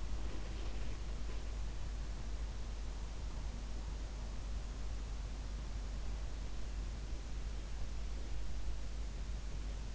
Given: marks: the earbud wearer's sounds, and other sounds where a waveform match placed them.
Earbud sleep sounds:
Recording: sounds in sleep by an in-ear microphone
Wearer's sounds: body movement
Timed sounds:
0.00-1.36 s: body movement

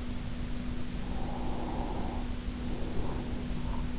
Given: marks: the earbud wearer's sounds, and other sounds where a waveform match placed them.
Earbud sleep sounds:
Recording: sounds in sleep by an in-ear microphone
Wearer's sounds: breath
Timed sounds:
1.04-3.94 s: breath

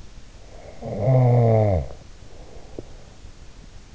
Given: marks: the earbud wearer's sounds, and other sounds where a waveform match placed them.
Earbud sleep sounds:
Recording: sounds in sleep by an in-ear microphone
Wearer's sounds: snoring breath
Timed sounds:
0.55-3.23 s: snoring breath

